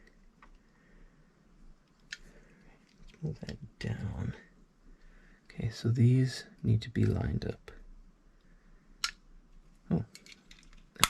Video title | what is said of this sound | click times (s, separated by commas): $350 Rock Island Double Stack 1911 Assembly | look oh good snapped right in okay so now this one and this one are connected in the middle | 11.0 s